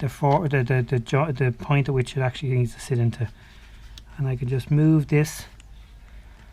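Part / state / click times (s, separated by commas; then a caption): door lock actuator lever into door latch mechanism / not seated / none. Someone talks while handling the plastic door lock actuator lever of a VW Transporter T5 during a rebuild, moving it toward its slot on the door latch mechanism. After the talking stops there is only quiet handling with a couple of faint brief ticks near the end. Nothing has seated or clicked yet.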